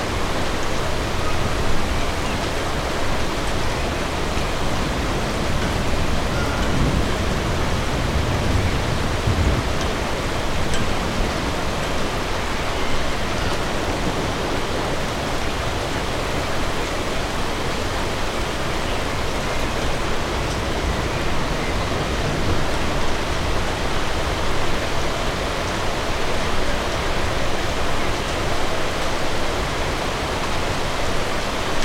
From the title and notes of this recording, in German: Stadtregen. Heute hören wir dem Unwetter zu, das auf eine Kleinstadt niederprasselt.